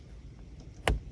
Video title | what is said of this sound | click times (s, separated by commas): IIWEY Dash Cam Installation in Car | I'll just do that now, until it clicks. | 0.9 s